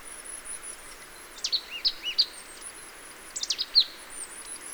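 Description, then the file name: Marsh tit calls: two bursts of sharp, high, downslurred notes, each burst several quick notes, with a thin, very high whistle running behind. "Poecile palustris"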